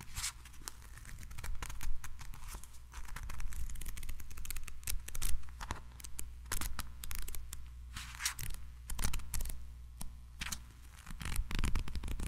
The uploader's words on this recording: ASMR 1 HR Of Tiny Mic Triggers.